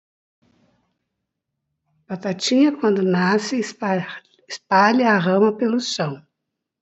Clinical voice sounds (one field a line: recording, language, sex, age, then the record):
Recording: short text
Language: Brazilian Portuguese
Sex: female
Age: 60 to 69 years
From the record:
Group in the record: control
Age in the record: 65 years